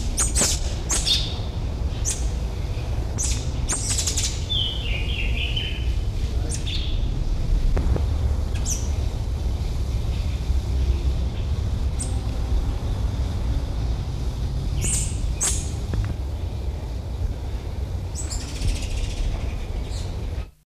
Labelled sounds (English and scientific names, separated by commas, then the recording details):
Black-collared Barbet (Lybius torquatus) call
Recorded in captivity
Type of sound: call
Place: Zoo Frankfurt, Hessen, DE
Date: 1969-10-02
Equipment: Halbspur, 9,5 cm/s
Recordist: Lütgens, Hans
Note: Rufe